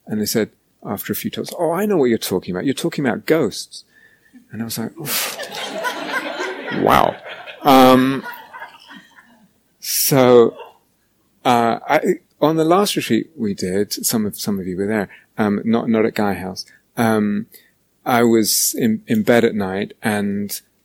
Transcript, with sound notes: they said, after a few talks, "Oh, I know what you're talking about. You're talking about ghosts." I was like, "Oof." [laughter] "Wow." On the last retreat we did -- some of you were there -- not at Gaia House, I was in bed at night, and